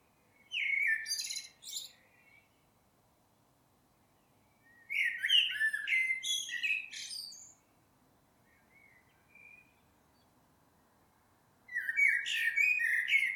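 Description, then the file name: Eurasian blackbird song: three phrases a few seconds apart, each a mellow fluty warble mixed with thin, high, squeaky notes. "Turdus merula"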